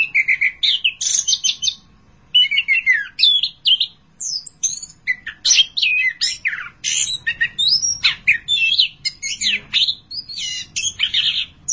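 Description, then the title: Thrush song, a continuous medley of high whistled and chattering notes, with a short pause near two seconds, then fast varied phrases to the end. "burung anis x"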